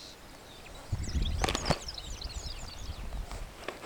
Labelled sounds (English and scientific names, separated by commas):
Superb Starling (Lamprotornis superbus) flight call